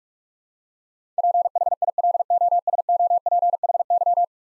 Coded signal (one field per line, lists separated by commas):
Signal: Morse code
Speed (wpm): 45 wpm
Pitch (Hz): 700 Hz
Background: none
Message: PHILOSOPHY